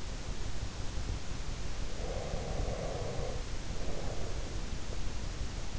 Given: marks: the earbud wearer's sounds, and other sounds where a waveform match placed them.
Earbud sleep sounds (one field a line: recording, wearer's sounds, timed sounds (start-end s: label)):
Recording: sounds in sleep by an in-ear microphone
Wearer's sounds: breath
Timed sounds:
1.80-4.75 s: breath